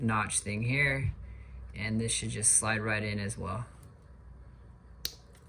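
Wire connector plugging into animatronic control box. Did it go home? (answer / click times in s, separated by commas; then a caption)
yes / 5.1 s. Someone talks while lining up the notch on wire connector C and sliding it into the socket of a Bag O' Bones Spirit Halloween jump scare animatronic control box. A loud, sharp click at 5.1 s follows after the talking stops, and the connector is seated.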